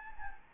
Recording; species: mosquito wingbeat signal from an infrared sensor; Anopheles gambiae